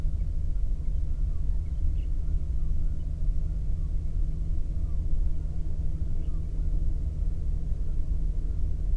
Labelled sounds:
songbird
waterfowl
man-made sound
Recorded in the Prudhoe Bay oil fields, Alaska, on 22 May 2019 at 00:32
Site 19

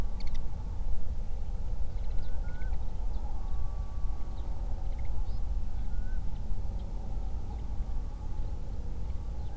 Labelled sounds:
songbird
loon
wind
man-made sound
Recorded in the Prudhoe Bay oil fields, Alaska, on 31 July 2019 at 08:26
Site 24

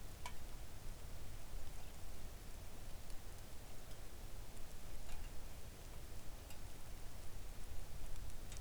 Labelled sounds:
bird
rain
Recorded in the Arctic National Wildlife Refuge, Alaska, on 3 August 2019 at 05:54
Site 41

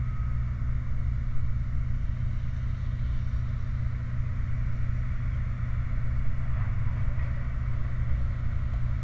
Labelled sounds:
machinery
flare stack
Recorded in the Prudhoe Bay oil fields, Alaska, on 29 July 2019 at 04:37
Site 29

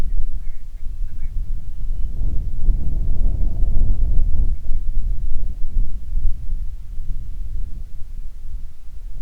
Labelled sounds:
grouse or ptarmigan
wind
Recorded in the Prudhoe Bay oil fields, Alaska, on 25 July 2019 at 02:57
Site 11

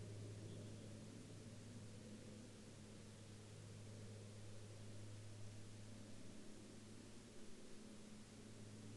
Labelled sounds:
aircraft
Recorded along the Dempster Highway, Canada, on 10 April 2019 at 05:56
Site 19

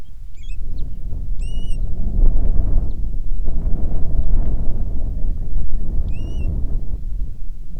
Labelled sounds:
bird
wind
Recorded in the Prudhoe Bay oil fields, Alaska, on 10 July 2019 at 09:42
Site 11

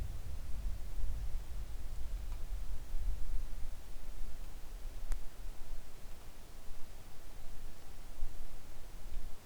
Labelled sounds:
wind
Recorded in the Arctic National Wildlife Refuge, Alaska, on 3 August 2019 at 10:35
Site 41

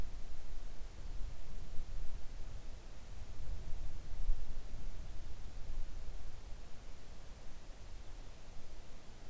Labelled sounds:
near silence
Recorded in the Arctic National Wildlife Refuge, Alaska, on 3 August 2019 at 05:28
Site 41

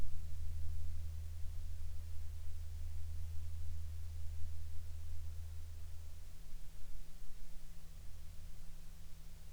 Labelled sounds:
aircraft
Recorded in the Arctic National Wildlife Refuge, Alaska, on 8 July 2019 at 09:19
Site 39

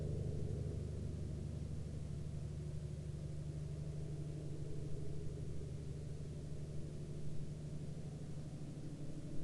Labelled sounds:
man-made sound
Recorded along the Dempster Highway, Canada, on 5 April 2019 at 13:53
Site 19

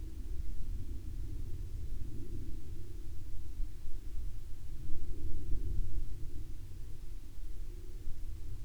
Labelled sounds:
aircraft
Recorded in the Prudhoe Bay oil fields, Alaska, on 30 July 2019 at 18:38
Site 17

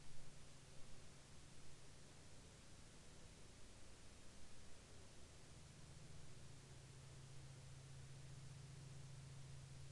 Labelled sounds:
man-made sound
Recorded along the Dempster Highway, Canada, on 27 March 2019 at 21:58
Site 20

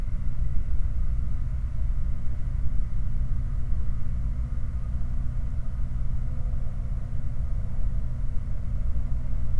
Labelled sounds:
machinery
flare stack
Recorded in the Prudhoe Bay oil fields, Alaska, on 19 July 2019 at 05:41
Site 29

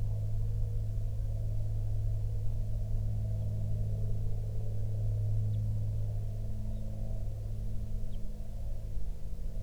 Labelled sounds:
songbird
aircraft
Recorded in the Prudhoe Bay oil fields, Alaska, on 15 June 2019 at 08:48
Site 16

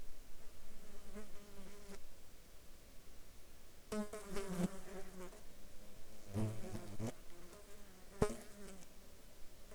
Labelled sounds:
insects
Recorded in the Arctic National Wildlife Refuge, Alaska, on 14 July 2019 at 20:31
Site 35

